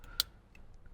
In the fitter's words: just like that and you heard it snap right into place